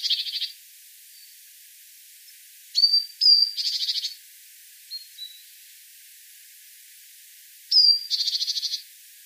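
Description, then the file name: Great tit giving harsh rasping churrs, most introduced by brief thin whistled notes, plus a couple of soft high peeps in between. "Parus major"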